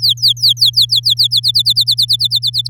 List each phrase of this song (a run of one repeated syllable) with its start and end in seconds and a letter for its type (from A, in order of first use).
0.00-1.14 A, 1.17-2.68 B